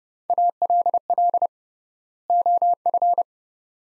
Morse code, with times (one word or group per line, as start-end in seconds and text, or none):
0.3-1.5 ALL
2.3-3.2 OF